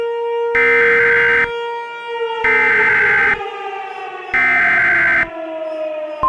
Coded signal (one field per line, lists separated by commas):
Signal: Emergency Alert System (SAME) tones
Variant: header bursts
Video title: EAS Scenario - The Wolves